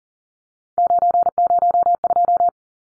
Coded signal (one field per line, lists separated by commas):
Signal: Morse code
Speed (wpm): 40 wpm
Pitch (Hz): 700 Hz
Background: none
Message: 902